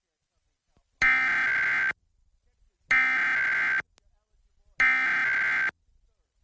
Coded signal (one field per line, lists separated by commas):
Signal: Emergency Alert System (SAME) tones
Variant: header bursts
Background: speech